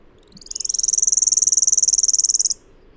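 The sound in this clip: Bird producing a thin, high, rapidly repeated trill of around two seconds, evenly pulsed and ending suddenly.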